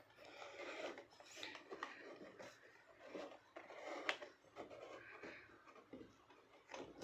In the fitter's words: rotate பண்ணிட்டீங்களா இப்ப வந்து லாக் ஆயிடுச்சு தேங்க்யூ